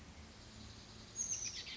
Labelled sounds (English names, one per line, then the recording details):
Oak Titmouse
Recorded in Sonoma County, California